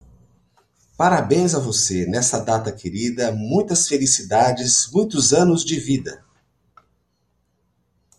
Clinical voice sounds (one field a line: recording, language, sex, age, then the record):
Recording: short text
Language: Brazilian Portuguese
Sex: male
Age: 50 to 59 years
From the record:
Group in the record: control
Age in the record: 50 years